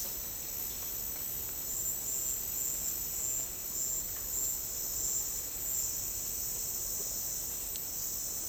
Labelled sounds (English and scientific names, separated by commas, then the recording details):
none
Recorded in dense forest near Puerto Asís, Putumayo, Colombia, on 8 March 2025 at 11:30
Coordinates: 0.467, -76.328
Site G041